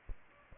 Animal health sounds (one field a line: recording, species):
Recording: mosquito wingbeat signal from an infrared sensor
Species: Aedes aegypti